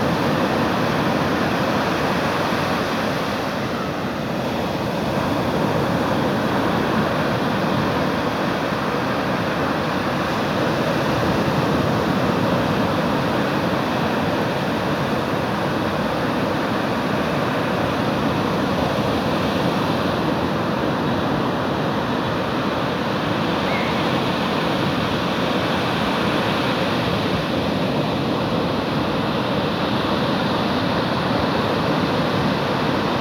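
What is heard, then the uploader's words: Ocean waves on a beach, heard as a dense, steady roar of surf with no clear single crashes standing out. The wash stays even in level throughout, heavy in the low and middle range, with a faint hiss above. Waves crashing on the beach in Da Nang, Vietnam. Ocean waves crashing on the beach.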